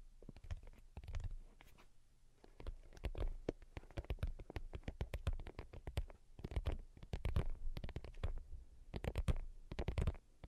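Delicate tapping, soft fingertip taps landing in quick, uneven clusters with a dull low thump under each crisp click. The bursts come and go, with brief lulls near two, six and eight and a half seconds, and faint scratchy touches between them.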